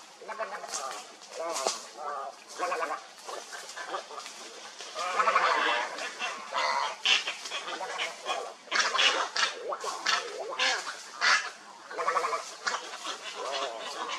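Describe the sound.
Heron colony chorus, many harsh, nasal calls overlapping and chattering continuously, louder bursts in the second half, with steady background hiss.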